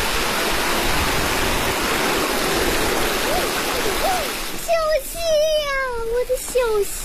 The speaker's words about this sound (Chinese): 小溪， 一进入景区呢就是山泉水，水面非常的清澈，既宽又清，颜色呢是碧绿的。